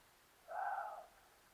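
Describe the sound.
Water deer uttering a lone half-second squeal, smooth and tonal, otherwise quiet.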